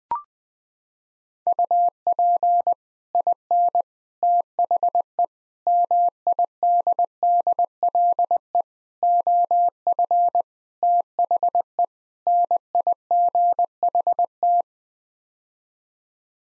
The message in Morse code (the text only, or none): UP IN THE MIDDLE OF THE NIGHT